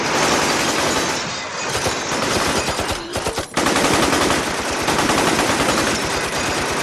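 machine gun fire

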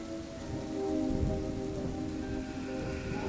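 steady rain falling

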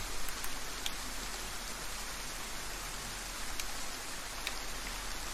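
rain falling

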